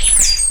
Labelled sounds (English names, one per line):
Stitchbird song